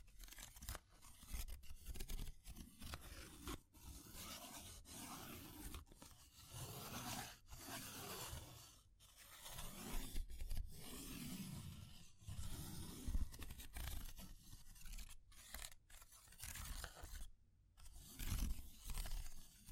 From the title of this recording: Fire Crackling, Tapping, Scratching